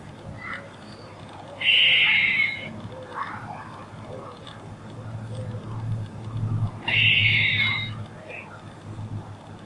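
Squirrel calls: two harsh, buzzy bursts about a second long, spaced roughly five seconds apart, over soft low rumbling background noise.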